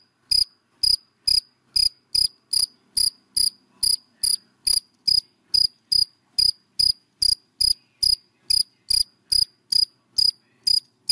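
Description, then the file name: Cricket giving loud, evenly spaced shrill chirps against a quiet background. Crickets calling, given by the Vietnamese names dế mèn, dế cơm and dế than. "Tieng de men de com de than keu"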